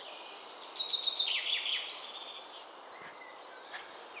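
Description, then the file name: Common chaffinch song: a bright, rapid descending series of notes, then fainter chirps over a steady background hiss. "Fringilla coelebs"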